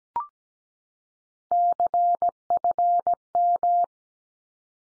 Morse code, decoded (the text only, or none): CFM